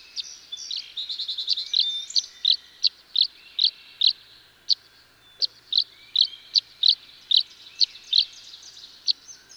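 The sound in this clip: Tree swallow calling: an opening run of fast gurgling notes followed by a steady series of sharp chirps.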